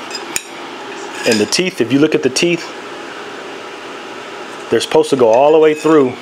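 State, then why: Not seated. The steel conduit end of a parking brake cable is pushed into the hole in a brake backing plate, with a single sharp metallic tap near 0.4 s. Someone talks through the rest of the clip. A lip stops the retaining teeth from going through far enough, so nothing has clicked into place and the end can be pulled back out.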